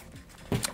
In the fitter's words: it's just a plastic cradle snaps into place it is spring loaded so you can